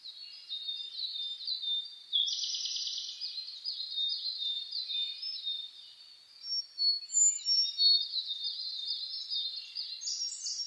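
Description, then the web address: Birdsong chorus with overlapping high twittering phrases, a loud rattling burst after two seconds, then sharper chirps returning later. Dawn chorus (reimei) of birdsong (saezuri), recorded on 10 May 2010 at 04:01 with a DH-D50 recorder. "sounds data 2010 reimei DH-D 50-saezuri-20100510-0401"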